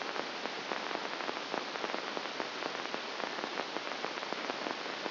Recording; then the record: brain microelectrode recording played as sound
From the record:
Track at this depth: inside the subthalamic nucleus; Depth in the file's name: 1.005 mm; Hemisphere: left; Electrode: 2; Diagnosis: Parkinson's disease